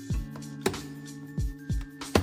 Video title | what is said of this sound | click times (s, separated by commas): Transformer une BMW 335i pas chère en machine de 500 ch idéale au quotidien ! - Épisode 2 | Oh mon Dieu, ça se clipse parfaitement. | 0.7 s, 2.2 s